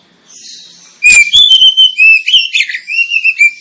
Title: Kacer Langsung Tarung Konslet KACER NGOTOT FULL TEMBAKAN. Kacer dimana SAJA Bakalan NGEPLONG GACOR dengan Pancingan Kacer ini